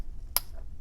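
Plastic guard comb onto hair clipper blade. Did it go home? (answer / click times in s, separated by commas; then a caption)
yes / 0.4 s. A plastic guard comb is pushed onto the back of a Wahl Essential Combo Set hair clipper blade and snaps home with one sharp, bright click at 0.4 s. The click shows the guard is seated and secure, so the clipper is steady and ready to use. A quiet low rumble sits under the rest of the clip, with no talking.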